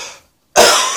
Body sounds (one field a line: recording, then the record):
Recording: coughing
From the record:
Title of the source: Spring Cold Coughing 2